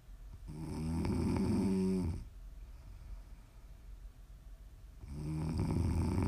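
Two long, low, buzzing snores, each about one and a half seconds, separated by a quiet pause of roughly three seconds. This is a slow, regular rhythm of ordinary sleep snoring.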